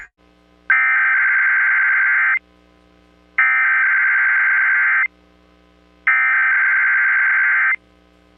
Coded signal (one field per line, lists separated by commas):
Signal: Emergency Alert System (SAME) tones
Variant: header bursts